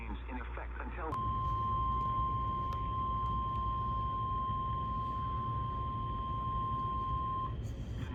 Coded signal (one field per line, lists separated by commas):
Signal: Emergency Alert System (SAME) tones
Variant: 1050 Hz attention tone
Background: speech